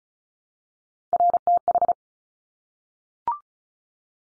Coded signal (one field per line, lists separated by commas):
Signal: Morse code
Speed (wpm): 36 wpm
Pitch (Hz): 700 Hz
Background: none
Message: RTH